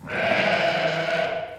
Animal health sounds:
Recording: contact call of a hoofed animal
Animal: sheep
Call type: low-frequency (closed-mouth) or high-frequency (open-mouth) call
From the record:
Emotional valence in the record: negative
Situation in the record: short social isolation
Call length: 1.59 s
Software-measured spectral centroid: 2020 Hz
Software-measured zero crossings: 2480 a second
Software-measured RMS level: -24 dBFS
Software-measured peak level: -9 dBFS

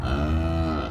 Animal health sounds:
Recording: contact call of a hoofed animal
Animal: cattle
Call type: low-frequency (closed-mouth) or high-frequency (open-mouth) call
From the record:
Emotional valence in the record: negative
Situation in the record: full separation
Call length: 0.90 s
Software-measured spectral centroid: 1460 Hz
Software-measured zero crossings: 940 a second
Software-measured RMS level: -24 dBFS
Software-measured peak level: -14 dBFS

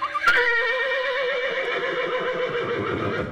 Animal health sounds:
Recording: contact call of a hoofed animal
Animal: horse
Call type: whinny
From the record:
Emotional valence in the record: negative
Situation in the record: separation from one group member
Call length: 3.4 s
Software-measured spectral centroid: 1940 Hz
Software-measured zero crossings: 2460 a second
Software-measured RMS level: -24 dBFS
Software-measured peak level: -10 dBFS

